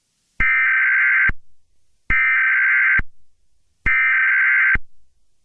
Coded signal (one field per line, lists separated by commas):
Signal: Emergency Alert System (SAME) tones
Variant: header bursts